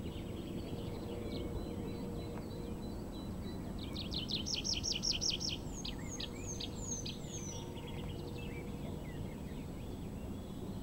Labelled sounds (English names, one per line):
Tree Pipit